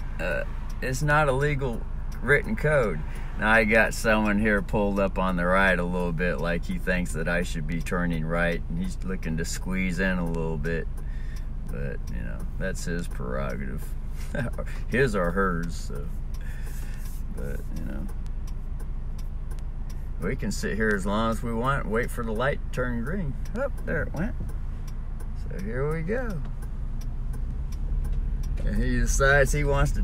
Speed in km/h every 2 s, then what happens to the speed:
5, 5, 5, 5, 5, 5, 5, 5, 5, 5, 5, 5, 5, 5, 5.
0-30 steady at about 5.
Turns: none.